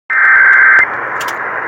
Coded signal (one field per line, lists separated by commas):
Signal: Emergency Alert System (SAME) tones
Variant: header bursts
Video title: *Clear Reception!!!* Minnesota Required Monthly Test on KQWB-AM (EAS #1020)